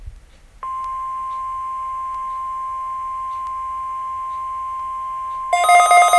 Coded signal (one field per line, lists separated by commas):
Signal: Emergency Alert System (SAME) tones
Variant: 1050 Hz attention tone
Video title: (EAS#146) Required Weekly Test